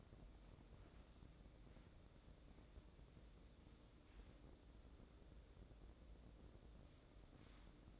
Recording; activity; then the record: daily activity, microphone in the room; wipe stove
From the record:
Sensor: 3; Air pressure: 1012.3 hPa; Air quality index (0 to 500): 174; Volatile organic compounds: 3 ppm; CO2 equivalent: 1329 ppm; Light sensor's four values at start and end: 601/1494/617/631 and 602/1495/618/632